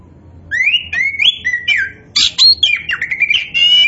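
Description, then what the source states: Oriental magpie-robin song: clear rising whistled slurs followed by a loud burst of harsh and warbled notes, fast and varied. Bird in full, energetic song, described by the Indonesian term gacor; the bird is identified as a kacer poci.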